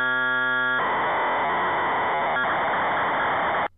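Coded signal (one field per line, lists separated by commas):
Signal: computer data on cassette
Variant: Korg Poly-800 patch data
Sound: short buzzy steady lead tone, then about three seconds of harsh rushing data noise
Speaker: save and load digital information just like an old computer from the 1980s well I found a sound file online of the original default program settings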